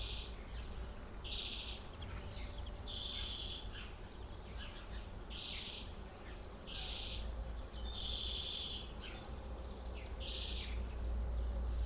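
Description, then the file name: European greenfinch calling repeatedly, short level buzzy notes every second or two, with other faint chirps and constant low environmental noise. "Chloris chloris"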